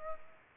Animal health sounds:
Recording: mosquito wingbeat signal from an infrared sensor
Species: Aedes aegypti

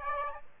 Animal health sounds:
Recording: mosquito wingbeat signal from an infrared sensor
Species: Aedes aegypti

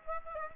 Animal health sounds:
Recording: mosquito wingbeat signal from an infrared sensor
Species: Aedes aegypti

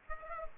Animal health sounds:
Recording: mosquito wingbeat signal from an infrared sensor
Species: Aedes aegypti

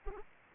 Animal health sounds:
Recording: mosquito wingbeat signal from an infrared sensor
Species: Anopheles arabiensis

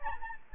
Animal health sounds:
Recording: mosquito wingbeat signal from an infrared sensor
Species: Anopheles gambiae

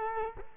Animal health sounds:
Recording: mosquito wingbeat signal from an infrared sensor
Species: Culex quinquefasciatus

